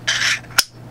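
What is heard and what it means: A stabilized wood and aluminium battery door, magnetic or latched, is fitted onto a billet aluminium box mod squonker, with a brief scraping rub as it goes on. A sharp click at 0.6 s marks the door seating into place on the box mod body.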